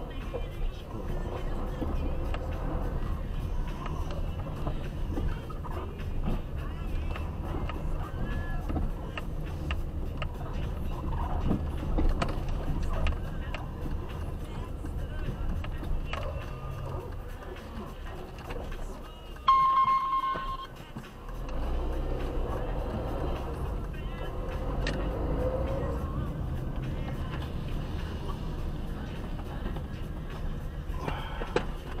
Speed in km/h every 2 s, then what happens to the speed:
7, 15, 16, 14, 16, 17, 15, 11, 7, 0, 0, 5, 18, 25, 20, 15.
0-3 speeds up to 16. 3-11 steady at about 16. 11-17 slows to 0. 17-21 standing. 21-25 pulls away to 25.